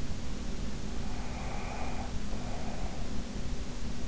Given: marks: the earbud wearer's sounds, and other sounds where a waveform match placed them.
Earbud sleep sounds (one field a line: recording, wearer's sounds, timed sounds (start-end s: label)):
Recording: sounds in sleep by an in-ear microphone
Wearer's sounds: breath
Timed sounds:
1.10-3.23 s: breath